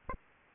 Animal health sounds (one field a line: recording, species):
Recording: mosquito wingbeat signal from an infrared sensor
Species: Aedes albopictus